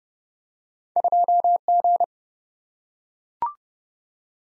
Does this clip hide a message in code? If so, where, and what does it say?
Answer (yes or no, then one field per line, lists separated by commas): yes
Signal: Morse code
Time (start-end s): 1.0-2.0 s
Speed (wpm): 30 wpm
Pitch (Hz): 700 Hz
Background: none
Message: 2G